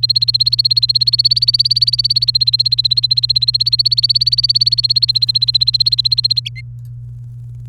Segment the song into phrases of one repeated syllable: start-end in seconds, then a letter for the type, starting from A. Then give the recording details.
0.03-6.49 A, 6.56-6.61 B. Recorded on 30 April 2018 at 06:15. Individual llb3